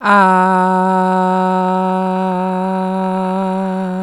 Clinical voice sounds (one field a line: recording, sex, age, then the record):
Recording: sustained vowel /a/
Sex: female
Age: 30 to 39 years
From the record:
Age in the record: 33 years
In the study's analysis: included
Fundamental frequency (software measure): 187 Hz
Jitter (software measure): 0.36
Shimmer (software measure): 1.22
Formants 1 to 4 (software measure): 875 Hz, 1418 Hz, 2565 Hz, 3873 Hz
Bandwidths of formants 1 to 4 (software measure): 163 Hz, 269 Hz, 299 Hz, 161 Hz